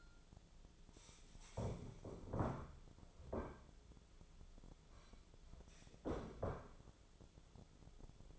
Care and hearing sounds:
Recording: daily activity, microphone in the room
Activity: stand up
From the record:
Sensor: 5

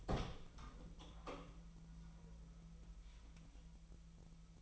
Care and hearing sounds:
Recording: daily activity, microphone in the room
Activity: open door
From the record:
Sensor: 1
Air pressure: 1001.1 hPa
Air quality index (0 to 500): 249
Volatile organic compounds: 147 ppm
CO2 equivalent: 4009 ppm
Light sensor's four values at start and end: 8/19/7/7 and 11/26/10/11

